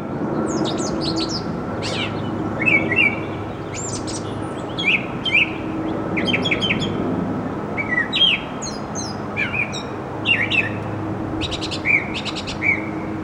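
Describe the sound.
Birds chirping busily, brief sharp high notes and down-slurred whistles in quick clusters every second or so, over a low steady hum.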